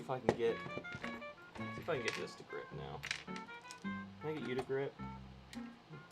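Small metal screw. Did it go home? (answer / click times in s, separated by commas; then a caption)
no / none. Someone talks while trying to get a screw to grip in a cross-threaded hole in a console, with music playing underneath. The thread fails to catch, so nothing has seated or clicked yet.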